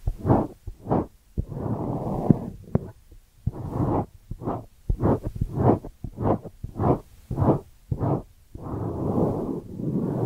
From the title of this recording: Ear Cleaning Triggers